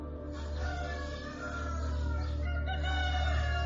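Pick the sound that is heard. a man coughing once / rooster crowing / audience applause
rooster crowing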